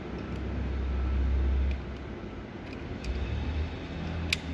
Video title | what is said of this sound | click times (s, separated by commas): pulsera oil top off | You hear the click, and you place these back onto the terminals, | 4.3 s